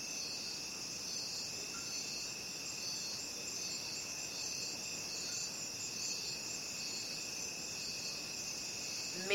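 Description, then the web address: Many crickets trilling in a dense, even, high shrill drone, with a faint knock at the very end. Crickets calling at night. "the-sound-pack-tree -night crickets"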